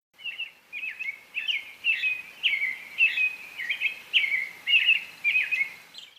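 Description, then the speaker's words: American robin singing, a steady string of clear whistled phrases repeated nearly twice a second, each short and warbled at a similar high pitch. Common song in North America, often heard without being noticed. "This is what an American Robin song sounds like. If you live in North America, you've probably heard this song a million times without noticing it."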